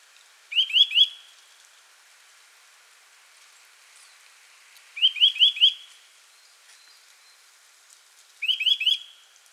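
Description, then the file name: Eurasian nuthatch call: three short bursts of a few quick rising notes, roughly four seconds apart, over a faint hiss. "Sitta europaea"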